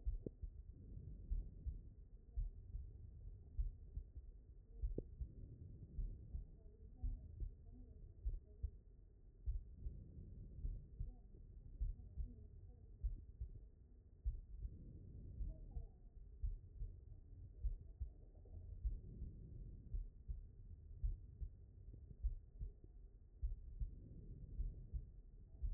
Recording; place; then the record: heart sounds by stethoscope; aortic valve (AV)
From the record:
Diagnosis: non-HFrEF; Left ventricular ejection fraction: 65%